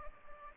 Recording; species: mosquito wingbeat signal from an infrared sensor; Anopheles gambiae